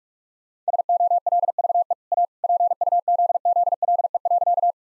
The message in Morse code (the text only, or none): SOLVE A PUZZLE.